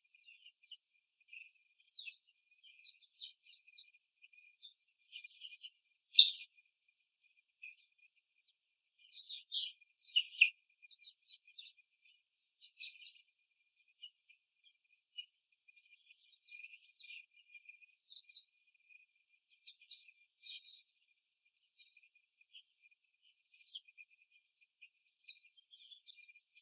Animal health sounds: young laying hens in a cage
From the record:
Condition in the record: before the stressor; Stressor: simulated dog barking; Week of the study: 3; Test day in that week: 1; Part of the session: 4

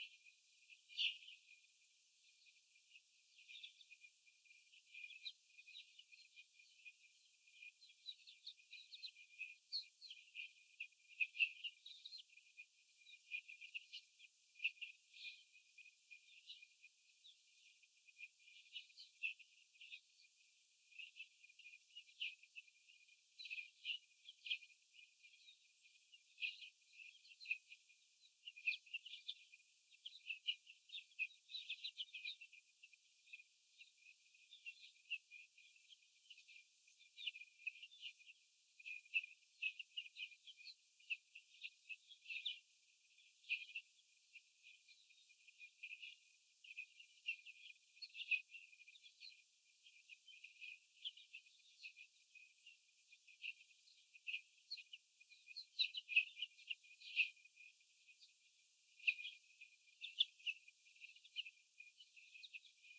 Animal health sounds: young laying hens in a cage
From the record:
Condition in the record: after the stressor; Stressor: sudden umbrella opening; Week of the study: 3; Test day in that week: 2

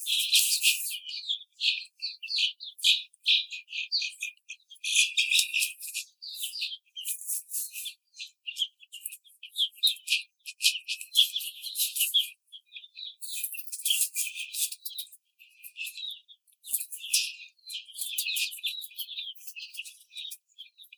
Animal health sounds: young laying hens in a cage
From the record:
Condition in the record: treatment cage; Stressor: simulated dog barking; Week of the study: 5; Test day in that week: 1

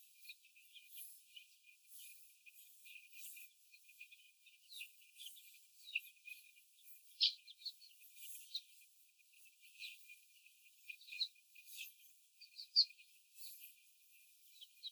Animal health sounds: young laying hens in a cage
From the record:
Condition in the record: after the stressor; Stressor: simulated dog barking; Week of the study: 4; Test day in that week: 1

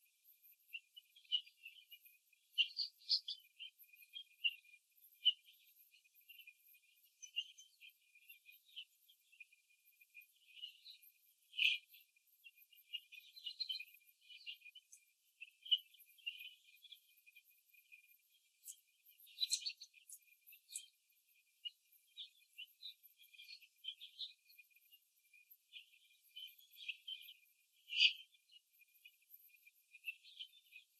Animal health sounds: young laying hens in a cage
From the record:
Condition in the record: before the stressor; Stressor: simulated dog barking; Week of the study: 2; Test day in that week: 3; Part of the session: 3

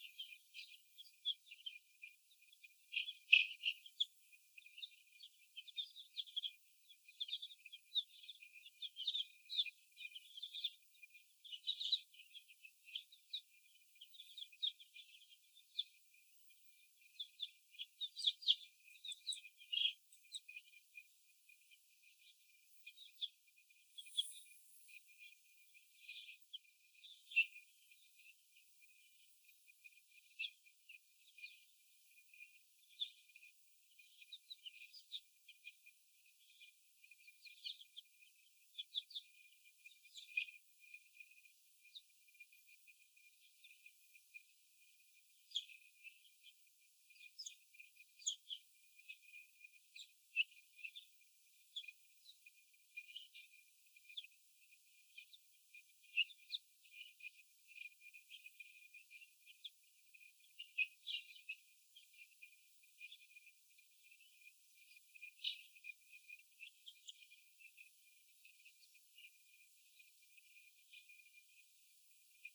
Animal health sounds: young laying hens in a cage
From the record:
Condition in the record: before the stressor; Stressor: sudden umbrella opening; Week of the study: 2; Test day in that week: 1

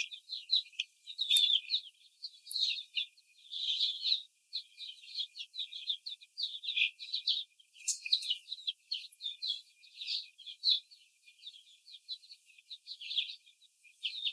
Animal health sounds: young laying hens in a cage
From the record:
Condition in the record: before the stressor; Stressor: simulated dog barking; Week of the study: 4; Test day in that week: 3

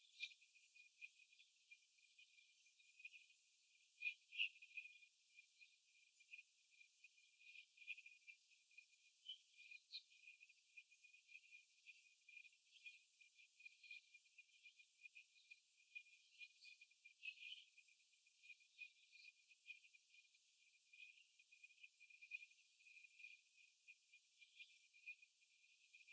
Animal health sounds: young laying hens in a cage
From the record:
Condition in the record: control cage, after the stress test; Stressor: none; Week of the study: 4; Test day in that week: 3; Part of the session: 4

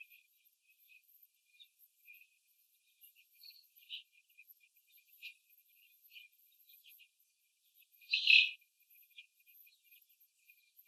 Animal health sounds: young laying hens in a cage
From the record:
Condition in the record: after the stressor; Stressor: simulated dog barking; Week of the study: 3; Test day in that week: 2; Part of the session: 2

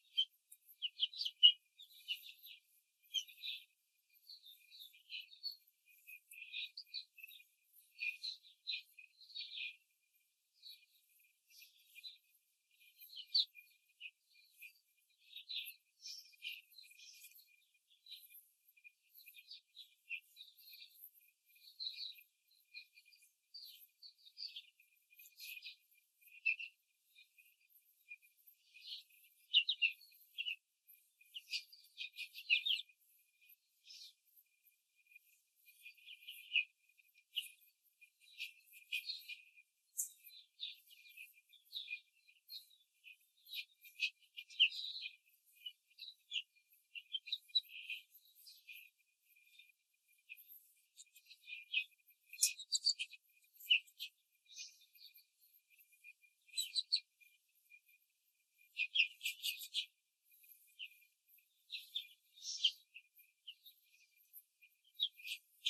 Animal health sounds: young laying hens in a cage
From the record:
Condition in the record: control cage, before the stress test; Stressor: none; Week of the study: 4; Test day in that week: 1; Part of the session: 3

